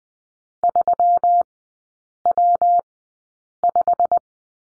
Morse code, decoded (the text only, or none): 3W5